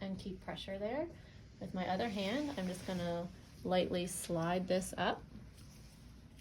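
After an arterial blood draw, a plastic safety shield is slid up over an ABG syringe needle with one hand while someone talks. The shield has not yet locked or clicked into place by the end of the clip.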